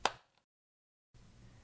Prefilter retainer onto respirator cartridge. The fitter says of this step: Then push the retainer onto the cartridge until it snaps into place.